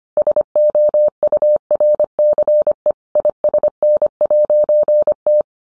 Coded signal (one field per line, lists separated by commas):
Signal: Morse code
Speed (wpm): 25 wpm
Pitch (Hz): 600 Hz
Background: none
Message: SOURCE ISN'T